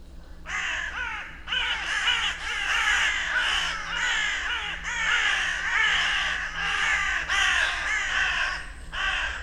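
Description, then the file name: Carrion Crow cawing: harsh, throaty calls from several birds in repeated bursts, overlapping into a noisy group chorus. "Corvus corone"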